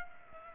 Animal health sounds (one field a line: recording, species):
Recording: mosquito wingbeat signal from an infrared sensor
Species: Culex pipiens